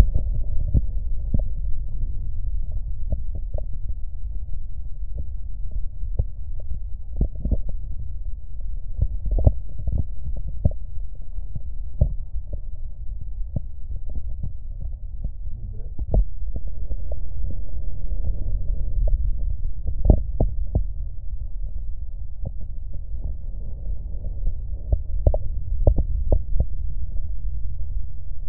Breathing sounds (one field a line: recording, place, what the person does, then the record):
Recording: lung sounds by stethoscope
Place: right posterior basal chest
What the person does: quiet breathing, then deep breathing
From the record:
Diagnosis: none (healthy)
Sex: male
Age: 23 years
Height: 185 cm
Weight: 93 kg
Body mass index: 27.2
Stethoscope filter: extended mode